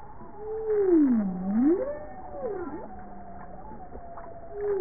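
Bowhead whale vocalization: a strong moan falling then rising, followed by softer wavering tones and a flat low note, with another call starting at the end.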